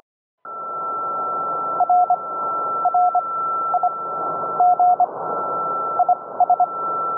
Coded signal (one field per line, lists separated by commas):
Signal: Morse code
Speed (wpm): 24 wpm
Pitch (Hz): 720 Hz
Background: none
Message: R R I GIS